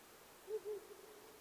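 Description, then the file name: Owl hooting quietly: one short hoot followed at once by a slightly longer one, against light background hiss. Recorded 9 May 2009 at 19:10. "fukurou-20090509-1910"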